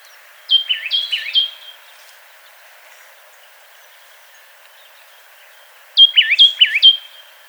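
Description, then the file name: Oak titmouse song: two short bursts of clear, repeated two-part whistled notes, each phrase given three times in quick succession, separated by a few seconds of quiet. "baeolophus inornatus"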